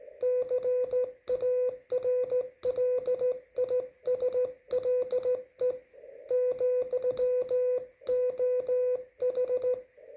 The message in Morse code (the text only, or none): CARLISLE, OH